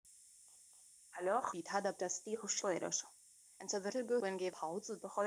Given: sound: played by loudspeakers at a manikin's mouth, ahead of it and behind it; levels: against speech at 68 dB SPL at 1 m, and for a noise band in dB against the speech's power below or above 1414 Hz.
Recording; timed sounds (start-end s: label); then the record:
test signals for a remote microphone
1.11-5.27 s: speech test signal (ISTS)
From the record:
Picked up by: remote microphone D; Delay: 24 ms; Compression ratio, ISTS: 1.24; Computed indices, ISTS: SII 0.997, HASPI 0.990, HASQI 0.385 (non-linear 0.446, linear 0.863), ESTOI 0.888